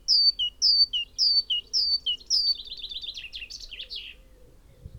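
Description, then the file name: Great tit song of rhythmic high-low two-note phrases repeated five times, then dissolving into a rapid jumbled chatter that fades out. "Parus major"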